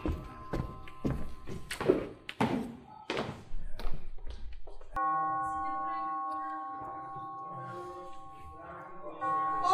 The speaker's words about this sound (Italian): bussano!